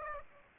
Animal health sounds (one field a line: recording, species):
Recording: mosquito wingbeat signal from an infrared sensor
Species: Aedes aegypti